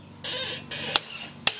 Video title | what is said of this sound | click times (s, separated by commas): How To Flush and Bleed your Brakes - EASY! | you want to push through until you definitely hear the click here we go there's | 1.5 s